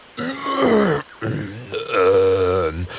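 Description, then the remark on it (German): A voice imitates one of two eating dragons (Fressdrachen), speaking with the little fire dragon Kokosnuss, clearing its throat: three loud, low, gravelly rumbling grunts, separated by brief pauses, with the last one drawn out and growling. “Der eine der beiden Fressdrachen räuspert sich.”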